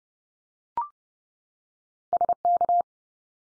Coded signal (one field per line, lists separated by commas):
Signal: Morse code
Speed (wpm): 30 wpm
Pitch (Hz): 700 Hz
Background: none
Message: SK